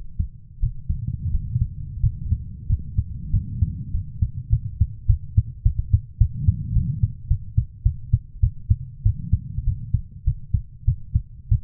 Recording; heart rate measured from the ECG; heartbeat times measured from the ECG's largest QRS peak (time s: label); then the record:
heart sounds by stethoscope; 99 bpm
0.60 s: heartbeat
1.31 s: heartbeat
2.00 s: heartbeat
2.67 s: heartbeat
3.31 s: heartbeat
3.91 s: heartbeat
4.50 s: heartbeat
5.07 s: heartbeat
5.63 s: heartbeat
6.18 s: heartbeat
6.73 s: heartbeat
7.28 s: heartbeat
7.83 s: heartbeat
8.40 s: heartbeat
9.03 s: heartbeat
9.65 s: heartbeat
10.24 s: heartbeat
10.85 s: heartbeat
11.49 s: heartbeat
From the record:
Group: healthy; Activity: breath hold 0-3 s, rest 3-12 s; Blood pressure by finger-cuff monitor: 114/70 mmHg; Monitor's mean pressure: 89 mmHg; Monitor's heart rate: 100 bpm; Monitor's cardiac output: 8.5 L/min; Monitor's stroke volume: 85 mL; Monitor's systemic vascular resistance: 790 dyn s/cm5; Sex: female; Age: 24 years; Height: 163 cm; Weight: 55.7 kg